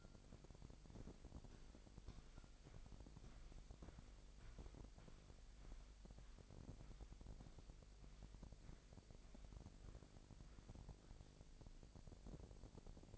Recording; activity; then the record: daily activity, microphone in the room; walk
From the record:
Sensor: 5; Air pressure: 1001.7 hPa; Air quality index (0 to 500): 183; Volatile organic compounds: 12 ppm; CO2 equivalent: 2346 ppm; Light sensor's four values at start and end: 31/102/38/41 and 31/102/38/41